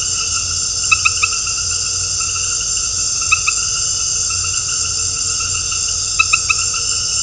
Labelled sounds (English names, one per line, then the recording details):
none
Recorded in dense forest near Puerto Asís, Putumayo, Colombia, on 4 March 2025 at 19:00
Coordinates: 0.468, -76.322
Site GP01